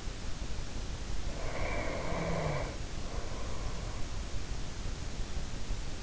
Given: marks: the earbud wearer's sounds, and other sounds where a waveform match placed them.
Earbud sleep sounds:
sounds in sleep by an in-ear microphone; breath
1.18-4.20 s: breath

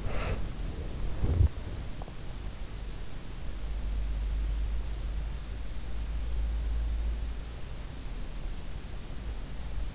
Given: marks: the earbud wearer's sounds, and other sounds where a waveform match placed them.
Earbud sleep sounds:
sounds in sleep by an in-ear microphone; breath
0.00-0.80 s: breath

